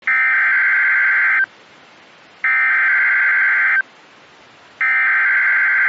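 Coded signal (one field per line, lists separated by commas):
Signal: Emergency Alert System (SAME) tones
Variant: header bursts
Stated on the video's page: Valid EAS tones of a real severe thunderstorm warning in Ohio.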